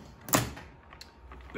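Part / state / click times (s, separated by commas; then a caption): push-on retaining cap on a gas-bottle trolley wheel axle / seated / 0.3 s. A push-on retaining cap is pressed with some force onto the end of a wheel axle on the gas-bottle trolley of a Sherpa STJH-1711 gas weed burner, after a washer and the wheel have been slid on. It gives one sharp, bright click at 0.3 s, followed by a couple of faint ticks around 0.9 and 1.0 s. The cap seats into place and holds the wheel secure.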